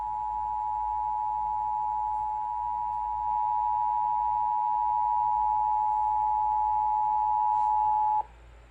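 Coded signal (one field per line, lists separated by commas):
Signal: Emergency Alert System (SAME) tones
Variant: 853 and 960 Hz attention tone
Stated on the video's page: Florida Required Monthly Test.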